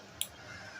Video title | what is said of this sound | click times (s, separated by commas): Valve Cover Gasket Replacement 2008-2010 Honda Accord | you hear that click and you pull them off. | 0.2 s